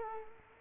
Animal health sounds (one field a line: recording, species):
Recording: mosquito wingbeat signal from an infrared sensor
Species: Culex quinquefasciatus